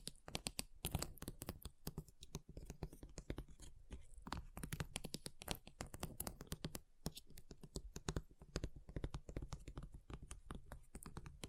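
Ice being tapped and scratched in a rapid, uneven stream of sharp clicks and knocks, with brief scraping between them, continuing throughout.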